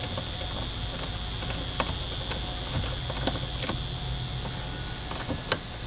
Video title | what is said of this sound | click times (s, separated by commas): DIY 116 - Installing Nissan Xterra Sidesteps Siderails | Click. Alright. | 5.5 s